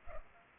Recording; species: mosquito wingbeat signal from an infrared sensor; Culex pipiens